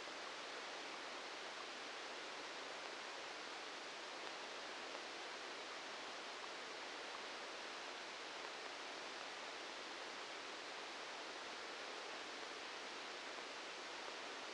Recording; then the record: brain microelectrode recording played as sound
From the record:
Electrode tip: outside the subthalamic nucleus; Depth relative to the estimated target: -6 mm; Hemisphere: right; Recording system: NeuroSet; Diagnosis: Parkinson's disease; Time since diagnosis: 10 years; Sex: male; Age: 56 years